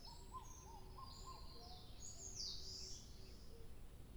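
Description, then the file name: Bird song: short, steady whistled notes around mid pitch, then a high, sweeping, squeaky phrase in the middle, over constant low background noise. 2 July 2023. "birdsong 20230702"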